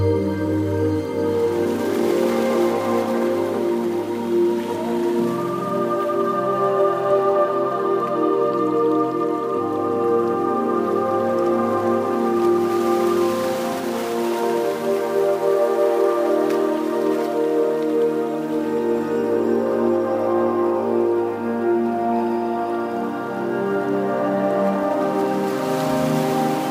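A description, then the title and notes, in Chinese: Ocean waves hiss softly beneath gentle, sustained melodic music with long held tones and slowly shifting chords. The wash swells brighter around two, thirteen and twenty-six seconds, like surf rolling in, while the overall loudness stays even and calm throughout. 鋼琴音樂。海浪的聲音。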